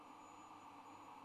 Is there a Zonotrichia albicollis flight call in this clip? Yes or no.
no